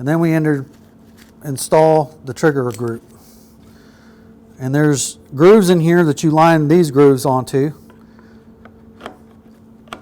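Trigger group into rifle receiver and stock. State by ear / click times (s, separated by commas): seated / 9.9 s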